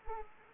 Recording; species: mosquito wingbeat signal from an infrared sensor; Anopheles arabiensis